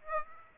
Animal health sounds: mosquito wingbeat signal from an infrared sensor; Aedes aegypti

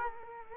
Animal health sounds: mosquito wingbeat signal from an infrared sensor; Culex quinquefasciatus

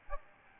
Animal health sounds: mosquito wingbeat signal from an infrared sensor; Aedes albopictus

